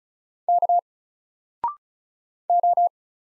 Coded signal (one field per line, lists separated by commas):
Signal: Morse code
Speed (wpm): 36 wpm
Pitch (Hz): 700 Hz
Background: none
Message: K O